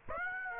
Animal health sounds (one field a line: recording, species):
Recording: mosquito wingbeat signal from an infrared sensor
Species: Aedes aegypti